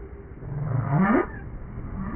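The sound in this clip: Whale call: a single low moaning tone sweeping upward in pitch over about half a second, then fading, over a steady rumbling background noise.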